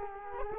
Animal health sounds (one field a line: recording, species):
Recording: mosquito wingbeat signal from an infrared sensor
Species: Culex quinquefasciatus